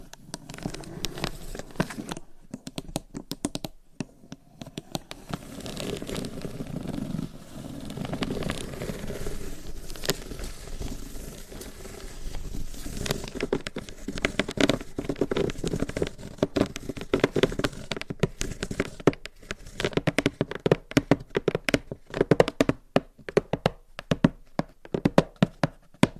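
Long nails tap and scratch on hollow boxes, a dense, restless mix of crisp clicks and rasping strokes over a hollow, boomy body. The middle stretch is a near-continuous scratching run, while the start and final seconds break into quicker, separated taps with brief silences.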